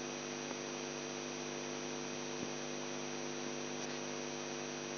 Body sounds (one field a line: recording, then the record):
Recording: brain microelectrode recording played as sound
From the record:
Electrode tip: outside the subthalamic nucleus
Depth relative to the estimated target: -2 mm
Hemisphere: left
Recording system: AlphaMap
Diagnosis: Parkinson's disease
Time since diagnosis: 11 years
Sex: male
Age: 42 years